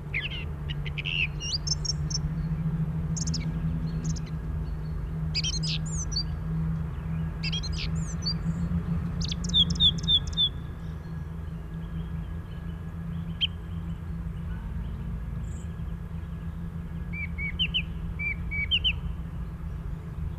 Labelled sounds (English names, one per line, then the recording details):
Song Thrush song
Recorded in the wild
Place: Garmisch-Partenkirchen, Bayern, DE
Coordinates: 47.5022, 11.0817
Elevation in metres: 847
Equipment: Uher 4000 Report
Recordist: Tretzel, Erwin